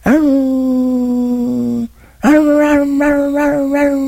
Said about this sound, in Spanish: Hace poco tiempo que andaba en uno de mis viajes y caminando en un rancho, me encuentro que hay un perro que está aullando. Ahí en el campo está aullando, sentado, triste, simplemente con una cara así de dolor.